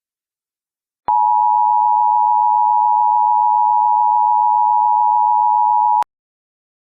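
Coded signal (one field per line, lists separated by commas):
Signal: Emergency Alert System (SAME) tones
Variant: 853 and 960 Hz attention tone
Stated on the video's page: Fictional EAS scenario, not a real alert.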